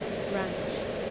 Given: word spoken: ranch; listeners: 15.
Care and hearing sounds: one English word in noise, from a listening test; speech-shaped noise; -6.4 dB; 0 of 15; 13 of 15; 0.70 s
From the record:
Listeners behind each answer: 13, 1, 1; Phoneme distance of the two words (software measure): 7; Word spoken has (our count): 1 syllable, 4 phonemes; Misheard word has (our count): 1 syllable, 5 phonemes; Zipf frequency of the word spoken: 3.32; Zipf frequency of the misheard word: 4.10

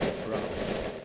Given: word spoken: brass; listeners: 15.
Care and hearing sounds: one English word in noise, from a listening test; noise modulated by three-talker babble; -6.2 dB; 3 of 15; 7 of 15; 0.65 s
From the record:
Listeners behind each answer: 7, 3, 2, 1, 1, 1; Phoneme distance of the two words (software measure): 10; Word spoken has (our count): 1 syllable, 4 phonemes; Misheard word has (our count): 1 syllable, 4 phonemes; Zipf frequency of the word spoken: 4.22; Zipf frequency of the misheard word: 4.58

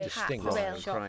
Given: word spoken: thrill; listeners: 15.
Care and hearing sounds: one English word in noise, from a listening test; four-talker babble; -2.6 dB; 0 of 15; 7 of 15; 0.68 s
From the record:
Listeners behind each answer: 7, 4, 2, 1, 1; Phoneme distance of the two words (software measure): 37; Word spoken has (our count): 1 syllable, 4 phonemes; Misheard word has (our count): 1 syllable, 3 phonemes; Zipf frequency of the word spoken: 3.86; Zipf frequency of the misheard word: 4.76

